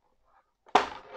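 A plastic pry tool works at the clipped plastic access cover on the underside of an ASUS ROG G751JL laptop, after its screw has been removed. Faint scraping and a small tick at 0.7 s lead into a sharp, loud snap at 0.8 s as the clip lets go, followed by a short rattling decay. The cover pops free of the bottom case.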